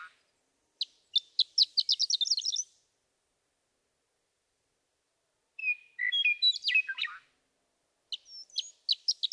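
Western meadowlark songs: a quickening series of bright notes, a whistled and gurgling phrase, then another run of sharp notes starting up.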